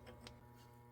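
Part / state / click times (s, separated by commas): locking collar onto trailer axle spindle nut / seated / 0.3 s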